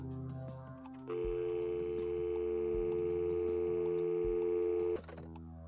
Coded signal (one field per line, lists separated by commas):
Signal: telephone call progress tone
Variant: North America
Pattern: dial tone